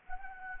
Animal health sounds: mosquito wingbeat signal from an infrared sensor; Anopheles gambiae

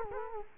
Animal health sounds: mosquito wingbeat signal from an infrared sensor; Culex quinquefasciatus

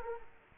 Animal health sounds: mosquito wingbeat signal from an infrared sensor; Culex quinquefasciatus

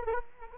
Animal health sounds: mosquito wingbeat signal from an infrared sensor; Culex quinquefasciatus

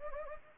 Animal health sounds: mosquito wingbeat signal from an infrared sensor; Anopheles gambiae

